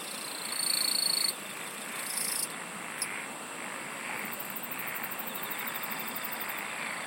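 Insects singing; a loud steady high trill at the start gives way to the even, pulsing buzz of the wider chorus.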